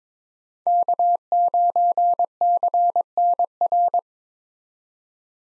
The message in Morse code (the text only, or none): K9CNR